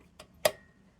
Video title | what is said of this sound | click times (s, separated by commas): BASICS: How to change a lantern wick, beginners (DIETZ) | click and it clicks in place | 0.4 s